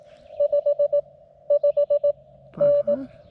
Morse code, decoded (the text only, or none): 55N